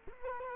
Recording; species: mosquito wingbeat signal from an infrared sensor; Culex quinquefasciatus